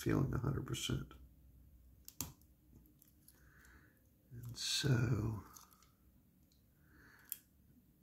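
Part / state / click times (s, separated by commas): piece of a case or bracelet joined to the adjoining piece / seated / 7.3 s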